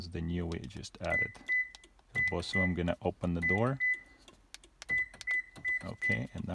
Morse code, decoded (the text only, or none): none